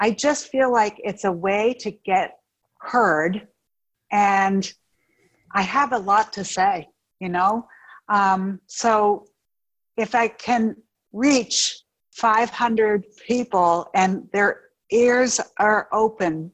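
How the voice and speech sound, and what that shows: Slow, halting speech from a 53-year-old woman with aphasia and apraxia of speech after a stroke caused by a ruptured brain AVM, coming in short bursts with long pauses, stretched sounds and fillers. Her delivery sounds different, as her mouth struggles to form words.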